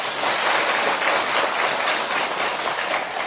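An audience at a Buddhist dharma talk claps steadily throughout, a dense, even wash of many hands with no voices over it, holding a fairly loud, constant level for a few seconds.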